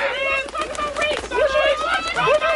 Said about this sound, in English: What was that chicken? Did that chicken say something?